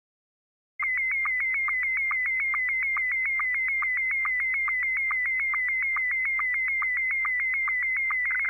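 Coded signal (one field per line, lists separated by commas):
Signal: SSTV (slow-scan television)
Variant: Scottie 1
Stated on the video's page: SSTV images sent from a Baofeng 888s handheld radio, encoded with an Android app.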